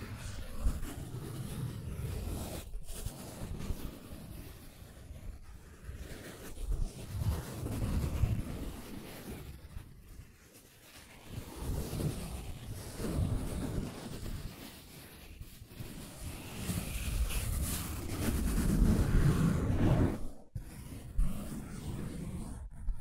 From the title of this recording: Scratching & Tracing